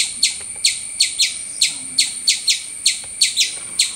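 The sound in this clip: Squirrel call, a rapid series of sharp, high chirps that drop quickly in pitch.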